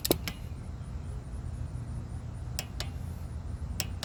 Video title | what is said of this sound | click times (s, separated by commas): 2020 Klx110 Big Bore kit Install ( Tb 143cc kit step by step Install) | got a nice click out of that one as well | 3.8 s